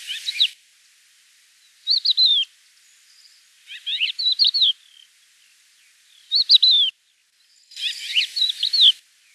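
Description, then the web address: Crested lark giving five bursts of rapid, slurred, whistled notes, each under a second long, spaced roughly two seconds apart in an otherwise quiet setting. "galerida cristata call"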